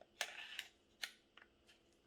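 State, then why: Not seated. A pistol slide is handled on its frame during reassembly, with the slide lock in play. Sharp, bright metallic-sounding clacks come near 0.2, 0.6 and 1.0 seconds, then softer ticks around 1.4 and 1.7 seconds. Nothing has seated or clicked into place yet; the clip ends before the slide goes home.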